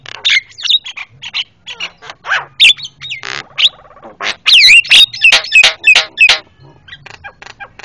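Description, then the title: Javan myna giving a noisy, varied run of harsh chattering notes mixed with clear whistled slurs, rapid and irregular, with a faint low hum underneath. Super noisy Javan myna calls, used for training cage birds (masteran). "Jalak Kebo Master Suara Super Berisik Buat Masteran"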